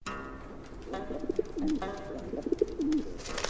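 Pigeons coo in soft, low, throaty phrases, two rising-and-falling calls repeating over a steady background hum, with faint rustling and clicks between them.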